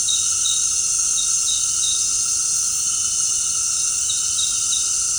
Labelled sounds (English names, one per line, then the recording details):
none
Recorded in secondary vegetation near Puerto Asís, Putumayo, Colombia, on 13 March 2025 at 18:30
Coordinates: 0.502, -76.326
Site G100